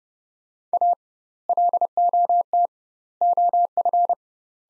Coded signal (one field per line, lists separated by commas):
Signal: Morse code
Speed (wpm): 30 wpm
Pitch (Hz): 700 Hz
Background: none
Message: A LOT OF